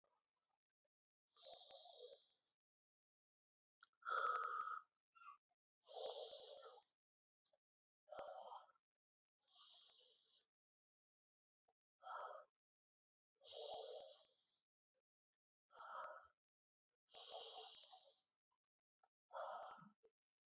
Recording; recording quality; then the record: deep breathing; excellent, no background noise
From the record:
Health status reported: healthy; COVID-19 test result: negative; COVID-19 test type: RT-PCR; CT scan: not taken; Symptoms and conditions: cold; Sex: male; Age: 29 years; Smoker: no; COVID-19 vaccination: one dose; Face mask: not worn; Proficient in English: yes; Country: India